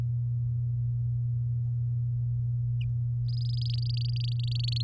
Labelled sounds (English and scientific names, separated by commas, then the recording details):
Domestic Canary (Serinus canaria) song
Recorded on 10 May 2018 at 15:50
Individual llb16